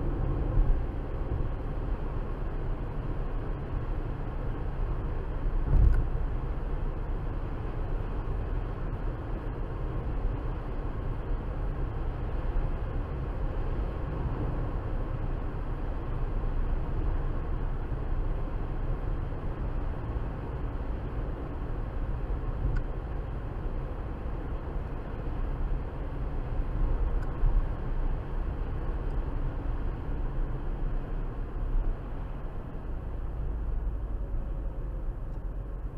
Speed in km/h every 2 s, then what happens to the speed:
87, 89, 89, 89, 90, 90, 92, 92, 90, 89, 85, 85, 85, 87, 89, 79, 68, 58.
0-12 steady at about 89. 12-20 slows to 85. 20-28 steady at about 85. 28-36 brakes to 58.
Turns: none.